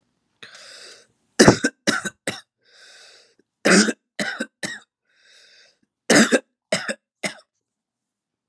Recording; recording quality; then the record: heavy voluntary cough; excellent, no background noise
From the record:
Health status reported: exposed to COVID-19, no respiratory illness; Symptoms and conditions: cough, cold, breathing difficulty, sore throat, fever, fatigue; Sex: male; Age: 31 years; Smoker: no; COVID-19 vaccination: both doses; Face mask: not worn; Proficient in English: yes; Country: India